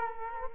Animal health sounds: mosquito wingbeat signal from an infrared sensor; Culex quinquefasciatus

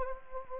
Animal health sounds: mosquito wingbeat signal from an infrared sensor; Anopheles gambiae

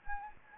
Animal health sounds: mosquito wingbeat signal from an infrared sensor; Anopheles gambiae

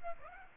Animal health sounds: mosquito wingbeat signal from an infrared sensor; Aedes aegypti

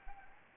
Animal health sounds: mosquito wingbeat signal from an infrared sensor; Anopheles gambiae

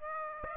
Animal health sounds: mosquito wingbeat signal from an infrared sensor; Aedes aegypti

